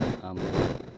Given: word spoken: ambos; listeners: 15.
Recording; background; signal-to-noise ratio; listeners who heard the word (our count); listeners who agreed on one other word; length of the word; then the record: one Spanish word in noise, from a listening test; noise modulated by one talker; -11.1 dB; 0 of 15; 7 of 15; 0.58 s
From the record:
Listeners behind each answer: 7, 2, 1, 1, 1, 1, 1, 1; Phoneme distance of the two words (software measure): 24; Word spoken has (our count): 2 syllables, 5 phonemes, stress on syllable 1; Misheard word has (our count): 2 syllables, 5 phonemes, stress on syllable 1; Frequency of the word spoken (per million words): 191.25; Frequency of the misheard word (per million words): 47.24